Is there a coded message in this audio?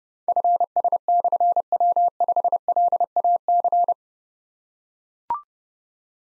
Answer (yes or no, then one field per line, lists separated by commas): yes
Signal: Morse code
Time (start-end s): 0.3-3.9 s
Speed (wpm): 30 wpm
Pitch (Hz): 700 Hz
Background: none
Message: FS/W5LAC